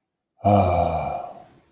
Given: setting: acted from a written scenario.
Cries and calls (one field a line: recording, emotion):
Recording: vocal sound without words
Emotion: serenity